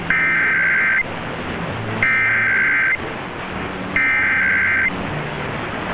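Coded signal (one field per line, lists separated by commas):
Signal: Emergency Alert System (SAME) tones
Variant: header bursts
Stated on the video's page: Monthly test tones received off Pennsylvania FM, AM and TV stations, one also captured from a line-out recording.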